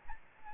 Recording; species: mosquito wingbeat signal from an infrared sensor; Aedes albopictus